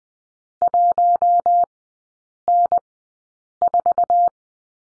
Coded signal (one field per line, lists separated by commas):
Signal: Morse code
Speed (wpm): 20 wpm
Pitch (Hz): 700 Hz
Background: none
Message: 1N4